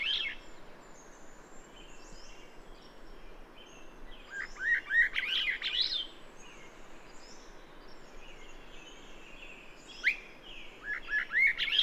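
Bird song made of quick high chirping phrases in bursts, with fainter whistled notes and steady background noise throughout.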